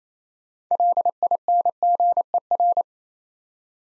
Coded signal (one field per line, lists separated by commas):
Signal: Morse code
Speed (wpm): 29 wpm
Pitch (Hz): 700 Hz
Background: none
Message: LINGER